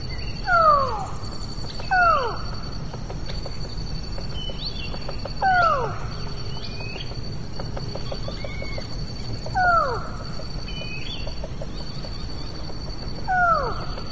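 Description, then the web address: Forest falcon giving repeated falling notes every few seconds, over a constant high drone. "cantos halconmontes"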